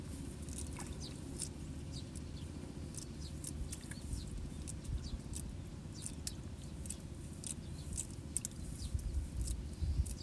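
Water at the surface of a rice paddy gives a dense, steady low rumble and patter for the whole ten seconds. Above it, sparrows chirp busily in short, bright, frequent bursts throughout, rising a little toward the end.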